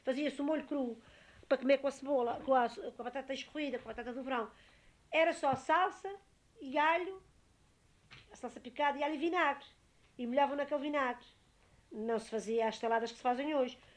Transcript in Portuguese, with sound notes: Fazia-se o molho cru para comer com a cebola, com a com a batata escorrida, com a batata do Verão. Era só salsa e alho – [pausa] a salsa picada, e alho, e vinagre. E molhavam naquele vinagre. Não se fazia as saladas que se fazem hoje.